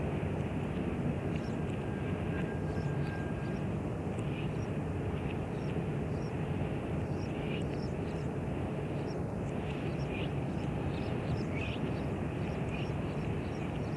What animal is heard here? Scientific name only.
Rana arvalis